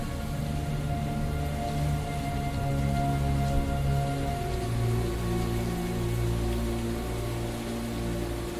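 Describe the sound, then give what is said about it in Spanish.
Heavy rain pours steadily, sweeping the porticoes of an abbey. It makes a dense, continuous hiss of drops on hard surfaces with a low rumbling undertone, staying at an even, fairly loud level throughout. “un hombre de capucha que cortésmente me hizo pasar por los portales barridos por la lluvia hacia un pasillo amplio.”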